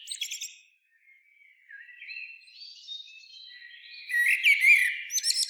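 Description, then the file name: Common blackbird with a short high twitter, then soft drawn-out whistles, building to a louder warbled phrase with squeaky high notes at the end. "Turdus merula"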